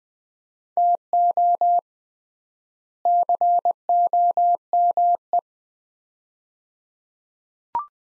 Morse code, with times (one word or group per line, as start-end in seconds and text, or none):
0.8-1.8 TO
3.1-5.4 COME